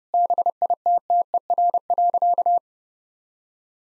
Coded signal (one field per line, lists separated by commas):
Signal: Morse code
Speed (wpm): 30 wpm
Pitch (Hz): 700 Hz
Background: none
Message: BITTER.